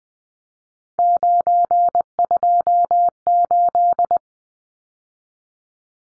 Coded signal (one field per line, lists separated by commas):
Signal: Morse code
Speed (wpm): 20 wpm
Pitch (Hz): 700 Hz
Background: none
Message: 928